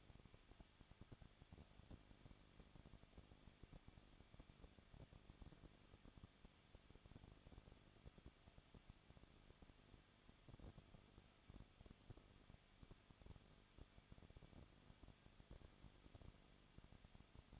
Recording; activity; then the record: daily activity, microphone in the room; no activity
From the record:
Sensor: 4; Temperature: 23.0 degrees Celsius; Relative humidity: 34.3%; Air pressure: 1007.3 hPa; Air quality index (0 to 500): 217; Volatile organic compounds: 15 ppm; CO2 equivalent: 2519 ppm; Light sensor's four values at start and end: 2/3/1/1 and 2/3/1/1